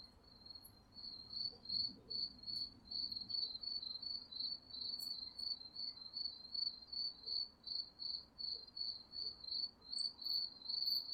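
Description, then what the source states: Crickets chirp in high, ringing pulses repeated about two to three times a second, starting softly and growing steadier and louder toward the end. Crickets recorded at night.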